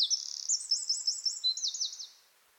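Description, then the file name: Eurasian wren song: a fast, very high outburst of sharp trills and tinkling notes that stops abruptly, with a quiet background. "Troglodytes troglodytes"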